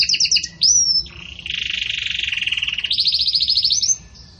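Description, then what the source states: Canary song: quick repeated notes, a pure whistle, a long buzzy rolling trill, then a bright fast series of repeated notes. Pure campainha song style with pauses, for training birds.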